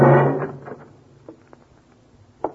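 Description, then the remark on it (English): A door is unlocked with a key and opened by someone moving quietly: a low creaking swing fades out, then a few sparse, sharp clicks of a key and latch follow at irregular intervals, with no voices. “Someone is coming, Jeffrey, into this room. Someone who moves quietly and has a key.”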